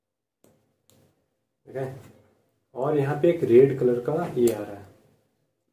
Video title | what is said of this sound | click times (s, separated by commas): DJI osmo action camera 📸 Moto vlogging installation #KSN125 | ये चीज़ show करता है कि आपका बैटरी अभी लगा नहीं है, तो इसको कस के प्रेस करना है, | 0.4 s, 0.9 s